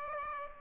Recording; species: mosquito wingbeat signal from an infrared sensor; Aedes aegypti